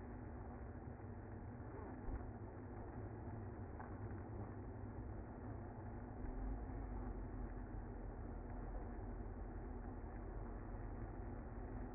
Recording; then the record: honeybee colony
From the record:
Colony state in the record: active